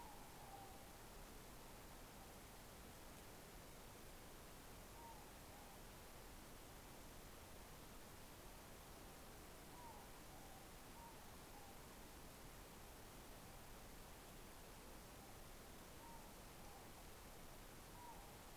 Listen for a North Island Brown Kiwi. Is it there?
no